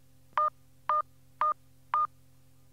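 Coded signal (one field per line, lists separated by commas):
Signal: none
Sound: answering machine beep tones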